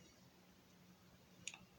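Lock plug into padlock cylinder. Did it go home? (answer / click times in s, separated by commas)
yes / 1.5 s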